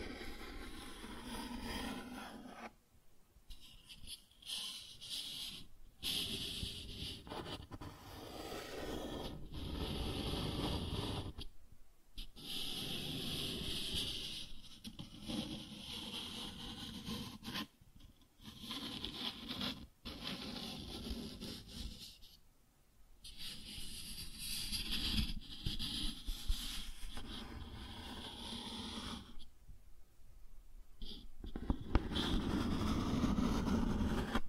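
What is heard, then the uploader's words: Cardboard being scratched and rubbed in rough, grainy bursts of varying length, separated by short quiet gaps, with a few sharper scrapes near the end. Cardboard Scratching, Tracing, Tearing.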